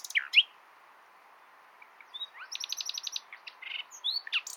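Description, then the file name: Common nightingale song opening with a few loud chirps, then a quiet gap, then a fast series of high clicking notes and scattered whistled slurs. "Luscinia megarhynchos"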